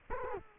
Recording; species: mosquito wingbeat signal from an infrared sensor; Culex quinquefasciatus